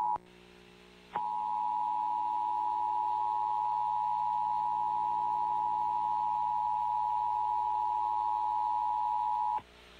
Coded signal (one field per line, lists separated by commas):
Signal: Emergency Alert System (SAME) tones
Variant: 853 and 960 Hz attention tone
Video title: Required Monthly Test from WYFF-TV (EAS #201)